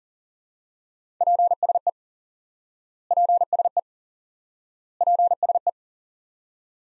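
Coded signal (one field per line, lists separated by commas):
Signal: Morse code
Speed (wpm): 37 wpm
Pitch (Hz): 700 Hz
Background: none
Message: PSE PSE PSE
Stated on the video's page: High-speed QRQ Morse lesson drilling one common QSO element repeated, for instant word recognition.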